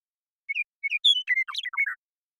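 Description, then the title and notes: Western meadowlark, two short whistles then a rich, jumbled warble of bubbly notes dropping in pitch toward the end, in clean silence. Song; recorded in the Pacific Northwest, Washington, United States; isolated and processed from the original with natural pace and rhythm kept. "Western Meadowlark, Sturnella neglecta, song, contact calls, and flush, isolated and processed from original, natural pace and rhythm maintained, family: Troupials and Allies Recorded in the beautiful Pacific Northwest in Washington, United States"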